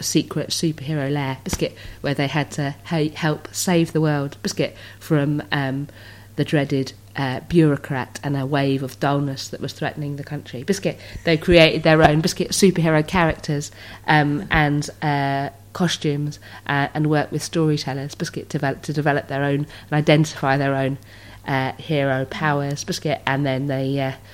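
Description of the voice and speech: An adult woman with Tourette's speaks in fluent narration, with the word "biscuit" interjected six times mid-sentence as vocal tics. "Biscuit" is among her most common tics, along with "hedgehog"; Tourette's acts like a crazy language-generating machine.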